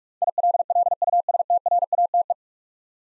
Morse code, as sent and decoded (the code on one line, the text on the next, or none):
.. .-.. .-.. ..- ... - .-. .- - .
ILLUSTRATE